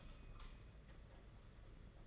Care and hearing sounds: daily activity, microphone in the room; light off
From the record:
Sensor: 4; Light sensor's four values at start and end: 5/10/4/4 and 4/8/3/3

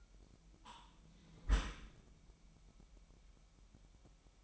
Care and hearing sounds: daily activity, microphone in the room; close dishwasher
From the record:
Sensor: 1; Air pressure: 998.4 hPa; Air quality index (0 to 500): 137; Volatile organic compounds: 4 ppm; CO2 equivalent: 1645 ppm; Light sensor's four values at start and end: 16/56/22/22 and 16/56/22/22

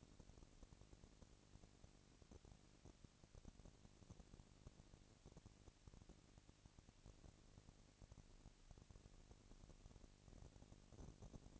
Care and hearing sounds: daily activity, microphone in the room; no activity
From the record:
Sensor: 4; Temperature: 22.3 degrees Celsius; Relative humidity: 31.9%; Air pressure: 997.9 hPa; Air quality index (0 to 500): 203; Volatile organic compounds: 17 ppm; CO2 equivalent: 2566 ppm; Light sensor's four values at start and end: 2/3/1/1 and 2/3/1/1

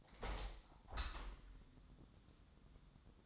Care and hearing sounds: daily activity, microphone in the room; open window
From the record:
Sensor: 3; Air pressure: 1000.4 hPa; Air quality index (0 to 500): 149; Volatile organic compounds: 2 ppm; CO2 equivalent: 1295 ppm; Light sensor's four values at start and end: 13/34/13/15 and 13/35/14/15

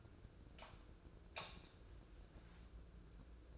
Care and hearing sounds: daily activity, microphone in the room; light on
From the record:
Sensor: 2

